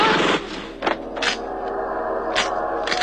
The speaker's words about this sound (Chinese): 原来此时任东已经在石浪招待所了，仇人相见，分外眼红，顿时枪声大作，爆炸迭起。